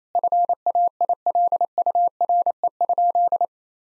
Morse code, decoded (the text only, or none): FAILURE?